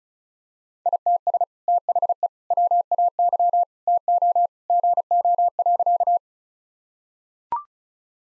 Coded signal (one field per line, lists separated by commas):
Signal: Morse code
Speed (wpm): 36 wpm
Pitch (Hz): 700 Hz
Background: none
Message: ITS THE WAY TO GO.